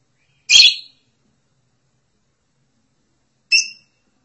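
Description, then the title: Lovebird calls: two short, harsh, high chirps about three seconds apart, with silence between. "BM Suara Burung Lovebird"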